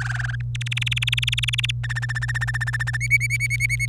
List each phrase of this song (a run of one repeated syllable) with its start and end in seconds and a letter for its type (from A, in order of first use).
0.00-0.35 A, 0.55-1.71 B, 1.83-2.97 C, 3.00-3.86 D